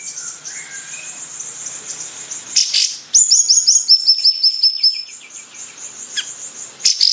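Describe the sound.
Bayeman song: soft high chirping, then a loud burst followed by a ringing, evenly repeated trill of sharp notes, ending with another burst.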